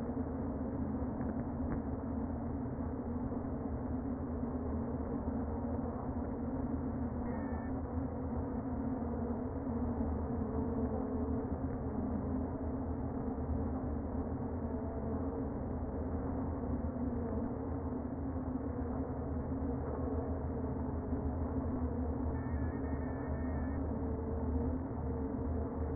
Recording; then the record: honeybee colony, microphone inside the hive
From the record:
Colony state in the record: queen present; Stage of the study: before two queens were removed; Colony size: about 60,000 bees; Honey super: yes